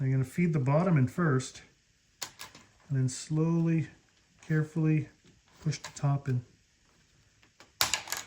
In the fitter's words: you hear a click when it goes in two clicks and that's it as you can see